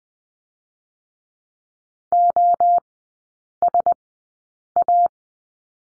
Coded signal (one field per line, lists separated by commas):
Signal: Morse code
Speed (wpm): 20 wpm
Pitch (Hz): 700 Hz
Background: none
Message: OSA